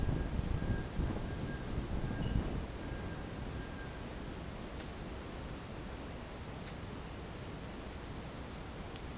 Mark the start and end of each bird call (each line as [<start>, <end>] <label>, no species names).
[0.00, 4.07] bird call